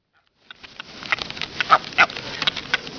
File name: brown booby